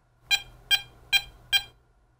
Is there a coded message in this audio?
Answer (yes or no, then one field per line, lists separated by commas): no